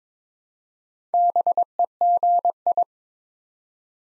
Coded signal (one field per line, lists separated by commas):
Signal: Morse code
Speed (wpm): 22 wpm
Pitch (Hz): 700 Hz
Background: none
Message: BEGI